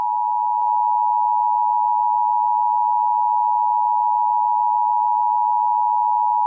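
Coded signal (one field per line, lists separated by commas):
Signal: Emergency Alert System (SAME) tones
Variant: 853 and 960 Hz attention tone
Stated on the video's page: Mock EAS alert about war on the United States, not a real alert.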